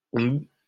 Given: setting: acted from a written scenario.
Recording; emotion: vocal sound without words; guilt